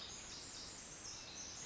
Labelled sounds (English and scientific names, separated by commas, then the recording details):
Pacific Wren (Troglodytes pacificus)
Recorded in Sonoma County, California